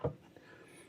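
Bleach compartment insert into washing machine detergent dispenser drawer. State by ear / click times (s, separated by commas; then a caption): seated / 0.1 s. A plastic bleach compartment insert is pushed into the detergent dispenser drawer of a Samsung washing machine during reassembly. It snaps into place with a sharp click at 0.1 s, followed by a faint tick around 0.4 s and quiet background. The insert is seated.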